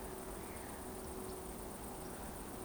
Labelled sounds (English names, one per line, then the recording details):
Eurasian Woodcock whistle
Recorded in Baden-Württemberg, Germany, on 23 June 2020 at 20:25 UTC
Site 14569, 102 m above sea level